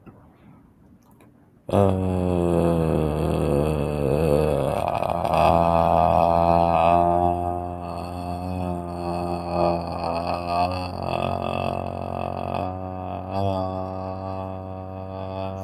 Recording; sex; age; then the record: vowel held as long as possible; male; 20 to 29 years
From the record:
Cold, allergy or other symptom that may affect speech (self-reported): no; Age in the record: 26 years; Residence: Arizona, United States